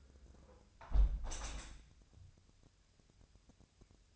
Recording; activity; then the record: daily activity, microphone in the room; close window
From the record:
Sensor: 2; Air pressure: 1014.8 hPa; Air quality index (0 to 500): 47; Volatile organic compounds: 1 ppm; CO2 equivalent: 630 ppm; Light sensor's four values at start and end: 8/19/8/8 and 8/19/8/8